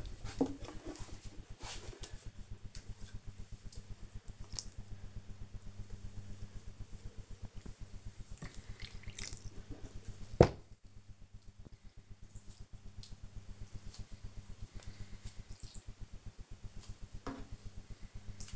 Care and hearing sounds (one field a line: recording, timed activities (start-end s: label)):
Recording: household activities, microphone on the right wrist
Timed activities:
0.00-18.56 s: watering plant